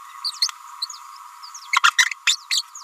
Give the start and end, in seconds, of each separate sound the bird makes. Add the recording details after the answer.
0.24-0.31, 0.41-0.48, 0.81-0.86, 1.73-1.82, 1.82-1.91, 2.27-2.37, 2.50-2.63. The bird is a female. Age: 29 days. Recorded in a nest box in Venezuela. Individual 17B31A3